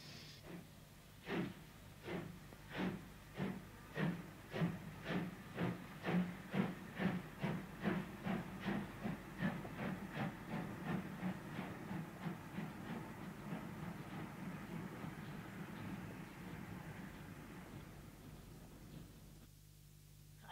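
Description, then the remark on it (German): A steam locomotive chuffs in a steady, rhythmic series of bursts over a continuous hiss and rolling rumble, the beat slowly blurring together before the sound drops away at the end. “Entschuldigen Sie bitte, ich lasse den Zug sofort zurück nach Sachsen.”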